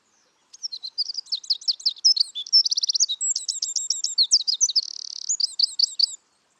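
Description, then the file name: Eurasian wren song: a loud, rapid outburst of high trills and sharp chattering notes, lasting about five and a half seconds with fast rattling phrases throughout. "Troglodytes troglodytes"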